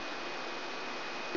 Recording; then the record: brain microelectrode recording played as sound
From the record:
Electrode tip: outside the subthalamic nucleus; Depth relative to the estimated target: 3.5 mm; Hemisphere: right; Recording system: AlphaMap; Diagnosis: Parkinson's disease